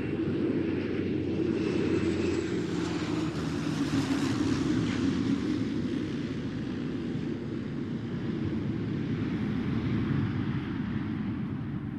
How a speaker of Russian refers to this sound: Надо мной взлетел серый Боинг-невидимка и взял курс на юг. Четко было слышно, как пилот добавил газу, и движок со звонким именем Pratt & Whitney взял новую красивую ноту.